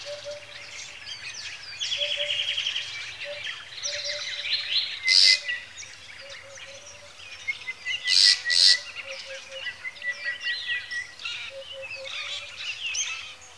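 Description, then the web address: Birds singing in a chorus of chirps and whistles, a low hooting note repeating, with a few sharp loud bursts standing out. Lakeside birdsong in Kenya, Africa, early in the morning. "A Természet hangjai - Madárdal A Természet hangjai - Afrika, Kenya - Tópart madárcsicsergéssel kora reggel"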